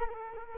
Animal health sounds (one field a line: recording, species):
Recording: mosquito wingbeat signal from an infrared sensor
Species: Culex quinquefasciatus